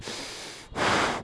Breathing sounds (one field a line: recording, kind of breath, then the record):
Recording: one breath in and out by a microphone near the nose and mouth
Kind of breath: strong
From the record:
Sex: male